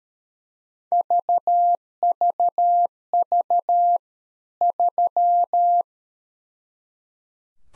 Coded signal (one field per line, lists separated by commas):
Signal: Morse code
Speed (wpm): 13 wpm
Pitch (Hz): 700 Hz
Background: none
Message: VVV 3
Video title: Practice QSO - Complete One-Sided - 13wpm